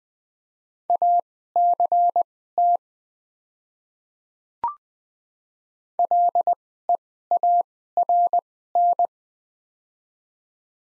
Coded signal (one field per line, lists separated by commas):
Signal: Morse code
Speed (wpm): 20 wpm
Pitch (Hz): 700 Hz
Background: none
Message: ACT LEARN